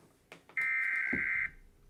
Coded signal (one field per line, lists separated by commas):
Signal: Emergency Alert System (SAME) tones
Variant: header bursts